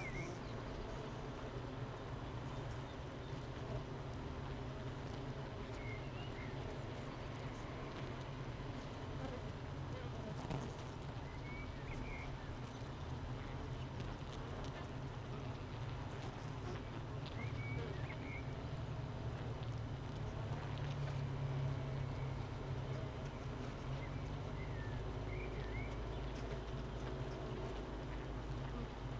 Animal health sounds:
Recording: honeybee colony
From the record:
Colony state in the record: missing queen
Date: 31 May 2018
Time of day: 8:00

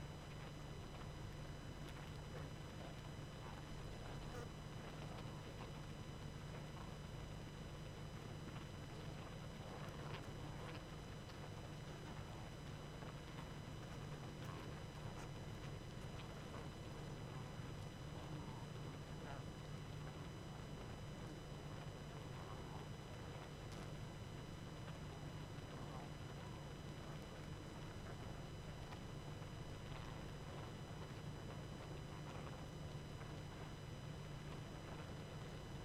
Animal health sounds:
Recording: honeybee colony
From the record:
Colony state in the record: active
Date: 12 June 2018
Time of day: 22:06

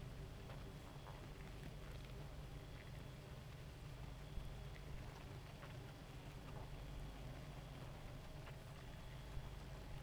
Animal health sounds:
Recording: honeybee colony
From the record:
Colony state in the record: active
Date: 28 July 2017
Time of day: 2:13

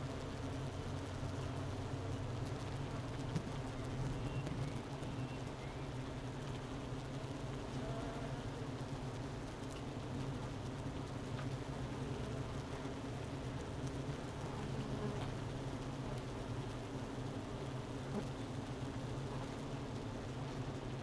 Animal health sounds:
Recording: honeybee colony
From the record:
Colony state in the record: missing queen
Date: 31 May 2018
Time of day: 11:38

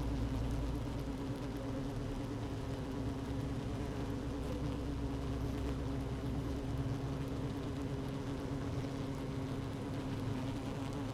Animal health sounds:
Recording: honeybee colony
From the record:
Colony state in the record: active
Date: 12 June 2018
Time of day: 15:17

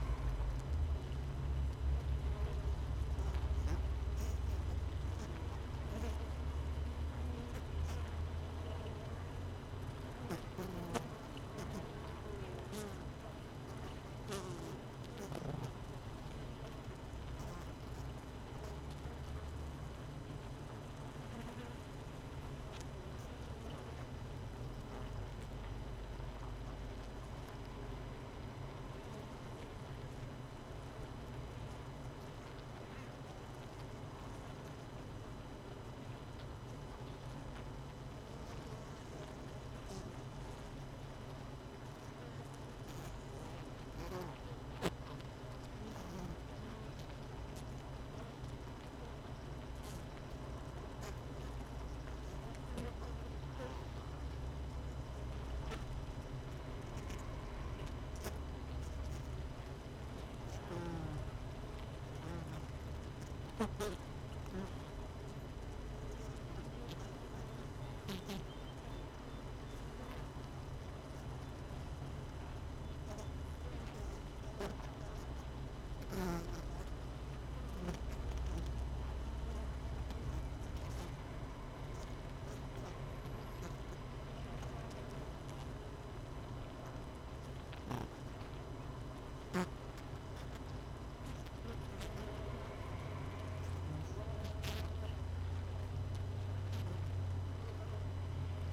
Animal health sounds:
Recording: honeybee colony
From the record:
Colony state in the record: missing queen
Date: 31 May 2018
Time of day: 17:50

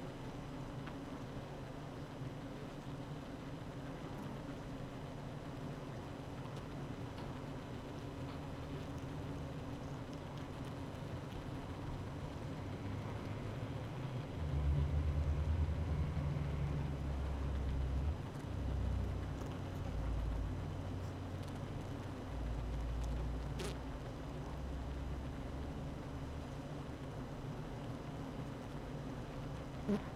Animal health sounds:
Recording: honeybee colony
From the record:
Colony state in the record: active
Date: 12 June 2018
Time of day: 8:12

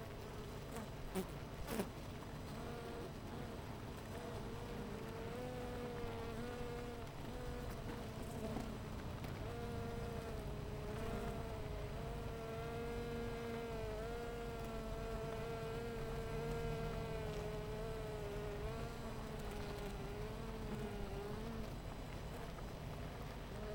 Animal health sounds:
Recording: honeybee colony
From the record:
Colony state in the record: missing queen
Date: 14 July 2017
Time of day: 10:33

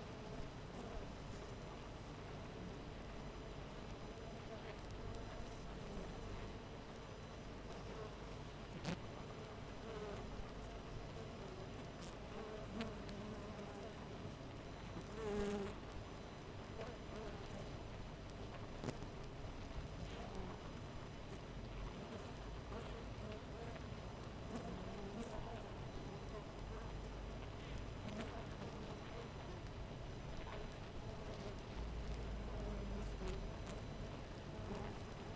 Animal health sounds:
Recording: honeybee colony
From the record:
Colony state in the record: missing queen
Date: 14 July 2017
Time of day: 5:03

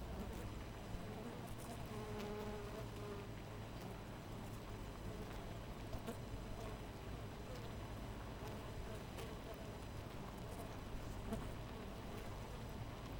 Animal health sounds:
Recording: honeybee colony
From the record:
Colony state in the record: missing queen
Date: 14 July 2017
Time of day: 4:47

